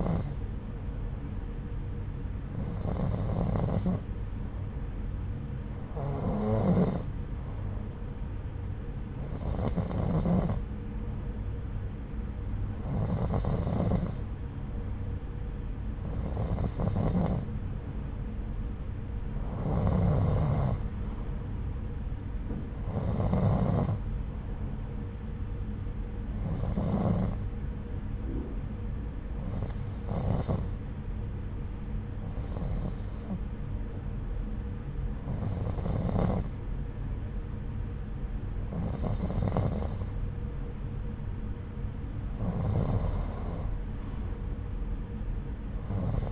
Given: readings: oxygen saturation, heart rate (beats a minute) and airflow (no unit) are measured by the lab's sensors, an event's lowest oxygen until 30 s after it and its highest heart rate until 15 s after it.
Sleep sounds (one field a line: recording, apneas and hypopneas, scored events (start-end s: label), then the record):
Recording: breathing in sleep by a smartphone at the bedside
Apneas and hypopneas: none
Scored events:
none scored
From the record:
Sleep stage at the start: N2 (light sleep)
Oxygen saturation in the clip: 90 to 91%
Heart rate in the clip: 69 to 80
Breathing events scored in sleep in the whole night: 303 in 8.1 hours asleep